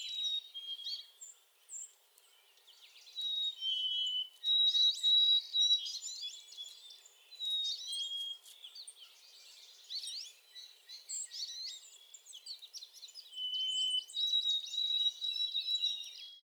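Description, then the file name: White-throated sparrow giving clear, high, steady whistled notes, some long-held, amid a busy chorus of other twittering and chirping birds. Recorded 30 April 2020. "2020-04-30 White-throated Sparrow"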